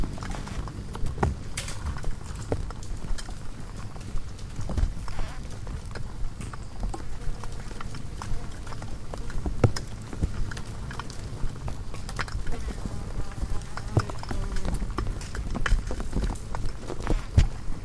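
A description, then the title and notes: Swarms of insects crowd around a hanging porch bulb at night, their bodies ticking and tapping against it in quick, irregular bursts. A dense, low buzzing hum runs steadily underneath, with sharp clicks scattered throughout and no lull. Hundreds of bugs are frantically congregating around the sole light source present at night, a bulb hanging on the porch of a wildlife ranch in South Africa. As many as nine different microphones, provided by myself and three other sound recordists, were wired up around this lightbulb to capture the madness up close. Zoom F8 recorder.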